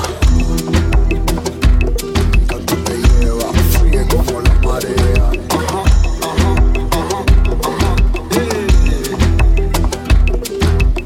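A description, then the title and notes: At Bogatell Beach in Barcelona, music with a steady thumping low beat and sustained tones plays throughout, with faint voices mixed in. Bogatell Beach BARCELONA by Hondo.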